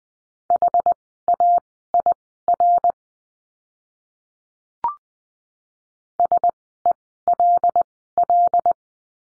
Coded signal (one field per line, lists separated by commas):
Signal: Morse code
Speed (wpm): 20 wpm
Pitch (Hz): 700 Hz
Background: none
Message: HAIR SELL